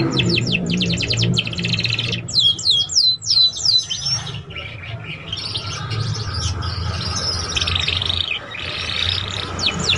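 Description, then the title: Belgian canary song: rapid chirp series and sweeping whistled notes, then softer buzzy rolls and trills over a low hum. Belgian canary song played to warm up young canaries and prompt them to sing quickly and chatter. "Canto Para Esquentar Canário Belga. SUARA KENARI PAUD CUIT CUIT BELAJAR BUNYI - pancingan kenari paud muda agar cepat bunyi dan ngeriwik"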